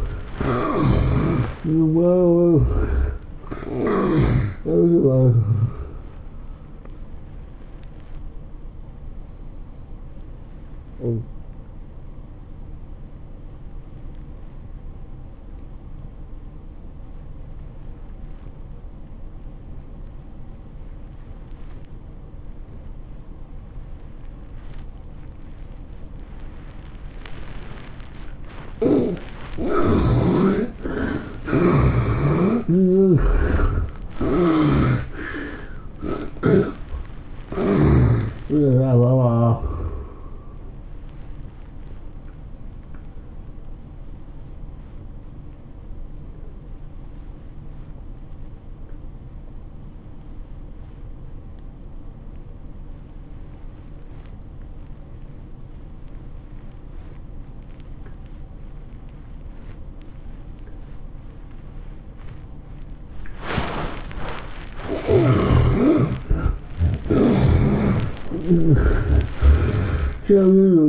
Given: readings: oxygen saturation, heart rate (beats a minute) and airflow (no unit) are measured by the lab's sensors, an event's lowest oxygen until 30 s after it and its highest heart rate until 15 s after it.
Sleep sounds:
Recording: breathing in sleep by a smartphone at the bedside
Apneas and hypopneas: 2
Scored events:
6.00-30.30 s: hypopnea (N2, oxygen 97% highest, then 70% lowest, heart rate 112 at the start, 113 highest)
42.00-64.90 s: obstructive apnea (N1, oxygen 92% highest, then 73% lowest, heart rate 108 at the start, 115 highest)
42.00-70.89 s: new sleep stage, N1 (lightest sleep)
From the record:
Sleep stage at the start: N2 (light sleep)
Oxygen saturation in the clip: 69 to 97%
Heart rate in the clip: 83 to 113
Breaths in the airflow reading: 13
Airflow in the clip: -12.7 to 9.9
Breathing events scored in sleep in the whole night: 403 in 5.5 hours asleep

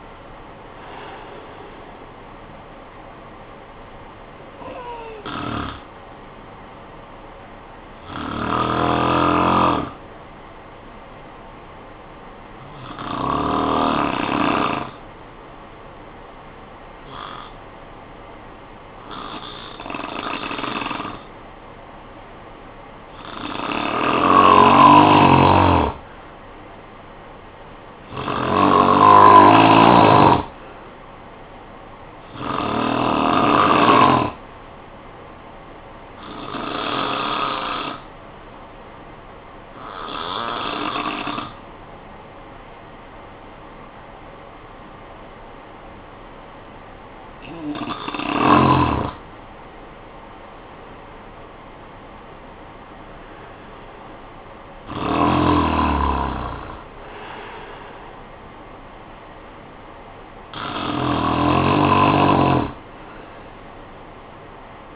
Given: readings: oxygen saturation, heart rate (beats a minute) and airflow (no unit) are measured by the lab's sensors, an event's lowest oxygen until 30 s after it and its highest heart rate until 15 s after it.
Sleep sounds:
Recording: breathing in sleep by a voice recorder at the bedside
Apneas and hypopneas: 2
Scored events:
11.00-24.50 s: hypopnea (N1, oxygen 96% highest, then 90% lowest, heart rate 51 at the start, 63 highest)
11.00-41.00 s: new sleep stage, N2 (light sleep)
39.00-52.50 s: hypopnea (N2, oxygen 93% highest, then 89% lowest, heart rate 54 at the start, 68 highest)
41.00-64.96 s: new sleep stage, N1 (lightest sleep)
From the record:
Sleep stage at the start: N1 (lightest sleep)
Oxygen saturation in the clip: 90 to 96%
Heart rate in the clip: 48 to 68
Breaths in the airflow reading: 14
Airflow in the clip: -17.5 to 10.4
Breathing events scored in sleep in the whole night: 445 in 7.6 hours asleep

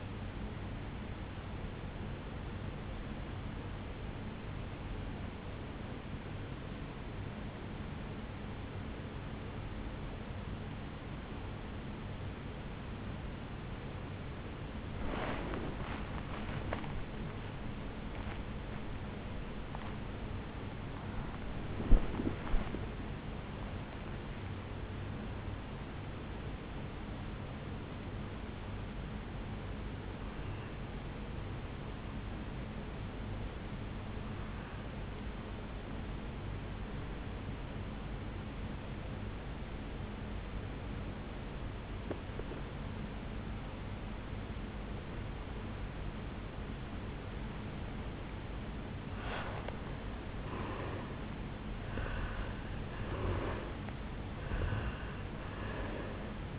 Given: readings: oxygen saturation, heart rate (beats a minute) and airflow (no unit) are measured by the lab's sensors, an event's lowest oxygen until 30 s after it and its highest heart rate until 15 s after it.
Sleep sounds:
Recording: breathing in sleep by a voice recorder at the bedside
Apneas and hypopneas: 2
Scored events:
5.00-17.90 s: obstructive apnea (N1, oxygen 97% highest, then 94% lowest, heart rate 52 at the start, 72 highest)
26.00-47.50 s: hypopnea (N1, oxygen 98% highest, then 87% lowest, heart rate 72 at the start, 73 highest)
From the record:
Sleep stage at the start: N1 (lightest sleep)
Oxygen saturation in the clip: 86 to 99%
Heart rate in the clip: 52 to 73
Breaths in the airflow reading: 6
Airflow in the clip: -9.8 to 9.4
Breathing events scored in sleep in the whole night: 449 in 7.0 hours asleep

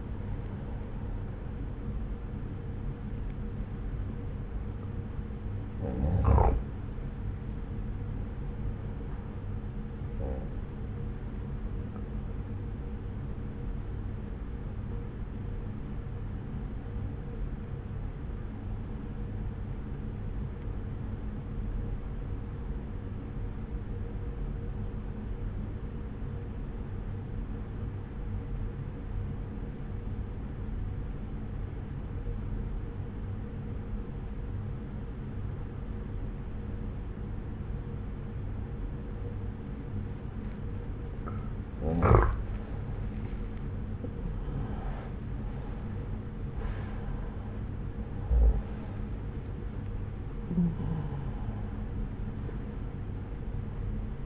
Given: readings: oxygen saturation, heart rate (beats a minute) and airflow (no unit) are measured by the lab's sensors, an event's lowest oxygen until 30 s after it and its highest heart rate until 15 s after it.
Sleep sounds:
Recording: breathing in sleep by a smartphone at the bedside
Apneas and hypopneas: 1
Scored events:
17.00-43.20 s: obstructive apnea (N1, oxygen 96% highest, then 87% lowest)
From the record:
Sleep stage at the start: N1 (lightest sleep)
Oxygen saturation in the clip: 83 to 96%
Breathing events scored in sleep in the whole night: 303 in 8.1 hours asleep

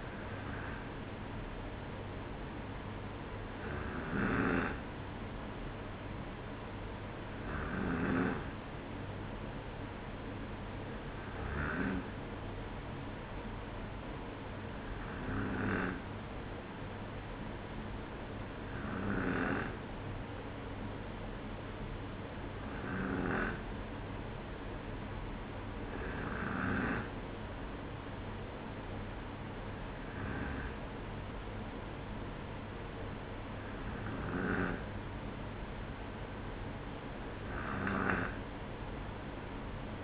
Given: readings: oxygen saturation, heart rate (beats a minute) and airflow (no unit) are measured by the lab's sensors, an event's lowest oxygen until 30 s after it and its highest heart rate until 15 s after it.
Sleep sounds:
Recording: breathing in sleep by a voice recorder at the bedside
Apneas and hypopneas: none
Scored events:
none scored
From the record:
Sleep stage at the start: N2 (light sleep)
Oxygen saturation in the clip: 93 to 94%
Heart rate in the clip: 56 to 58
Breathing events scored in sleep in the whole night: 305 in 9.6 hours asleep

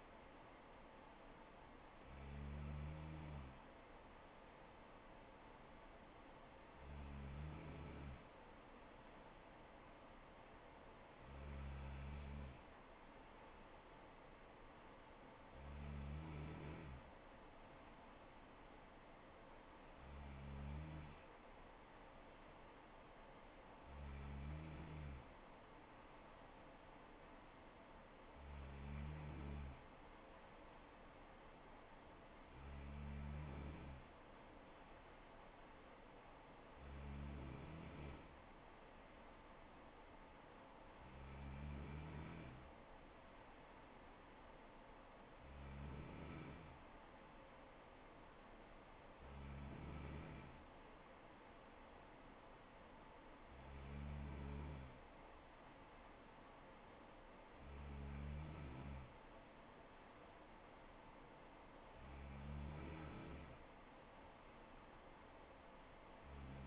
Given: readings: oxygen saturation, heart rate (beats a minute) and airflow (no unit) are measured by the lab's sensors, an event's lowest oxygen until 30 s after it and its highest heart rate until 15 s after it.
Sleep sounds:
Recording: breathing in sleep by a voice recorder at the bedside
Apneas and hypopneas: none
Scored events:
none scored
From the record:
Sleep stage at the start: N3 (deep sleep)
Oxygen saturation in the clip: 94 to 95%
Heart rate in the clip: 64 to 69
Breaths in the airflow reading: 16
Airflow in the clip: -4.0 to 3.0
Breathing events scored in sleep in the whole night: 79 in 6.3 hours asleep

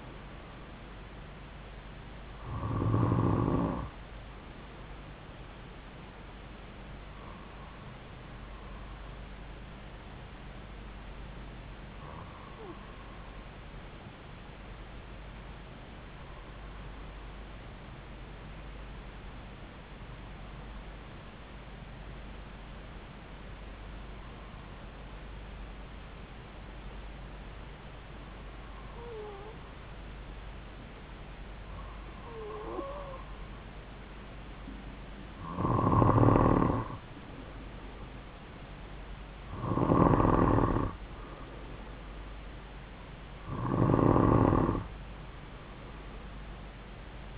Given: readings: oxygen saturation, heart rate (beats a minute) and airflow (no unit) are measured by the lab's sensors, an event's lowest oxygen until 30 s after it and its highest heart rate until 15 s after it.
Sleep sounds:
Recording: breathing in sleep by a voice recorder at the bedside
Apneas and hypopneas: 1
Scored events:
8.00-38.00 s: new sleep stage, N3 (deep sleep)
16.00-35.50 s: hypopnea (N3, oxygen 95% highest, then 92% lowest)
38.00-47.38 s: new sleep stage, N2 (light sleep)
From the record:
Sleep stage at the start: N2 (light sleep)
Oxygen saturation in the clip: 92 to 95%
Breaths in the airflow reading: 11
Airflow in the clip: -3.9 to 3.5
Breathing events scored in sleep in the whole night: 270 in 6.1 hours asleep

